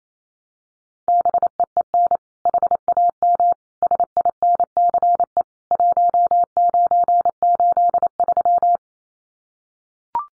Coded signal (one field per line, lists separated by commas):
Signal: Morse code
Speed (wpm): 28 wpm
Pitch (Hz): 700 Hz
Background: none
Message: BEEN HAM SINCE 1983